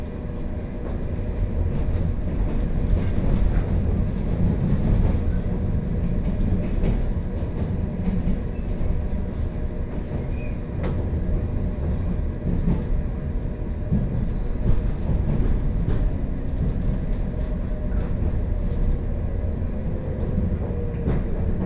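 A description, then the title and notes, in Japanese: A train ride on the Kosei Line, with a continuous low rumble and rattling of the railcar running throughout. The sound is steady and dense, with faint rhythmic clatter and a brief sharp click near the eleven-second mark. 耳で楽しむ鉄道旅 湖西線 小野→おごと温泉→蓬莱。モーター音が全く違うのがよく分かりますし、高架を走っているので踏切の音がないのも分かると思います。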